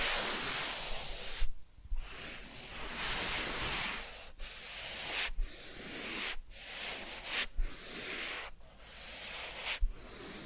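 Soft rubbing and brushing sounds from a massage or ear cleaning, a steady hissy swish with a light, airy top. The strokes come in repeated passes, broken by brief gaps roughly every second, near 1.5, 4.3, 5.3, 6.4, 7.5 and 8.5 seconds.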